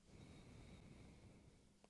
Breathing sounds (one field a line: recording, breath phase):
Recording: one breath near a microphone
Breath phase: exhalation